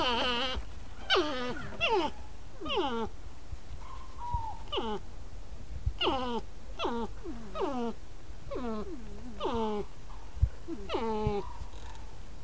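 North American porcupine giving rapid, falling, harmonic whines and squeals, some short and clipped, repeated throughout over constant low-pitched background rumble.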